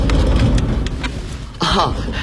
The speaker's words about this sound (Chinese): 哎呦，这是雨下得太大了。这边还打雷呢。你听，听见没有？